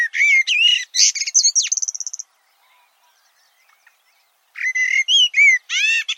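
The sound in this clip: Bird song of rapid chirps ending in a fast rattling trill, then a pause of two seconds before another burst of bright, slurred notes.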